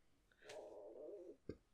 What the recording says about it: You can hear my stomach now. I think it's that coffee that just done that.